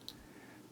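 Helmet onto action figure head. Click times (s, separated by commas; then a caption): 0.1 s. A plastic helmet is pressed down onto the head of a Star Wars Black Series Darth Vader action figure, pressed just the right way to find its hard-to-find sweet spot. A single short, sharp, bright click sounds at 0.1 s over a quiet background. The helmet clicks into place and is seated.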